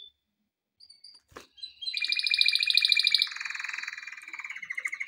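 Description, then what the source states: Canary song: a soft click and faint notes, then a loud rapid trill of repeated high notes, shifting into a lower buzzy rolling trill that carries on to the end. Canary song meant for training canaries.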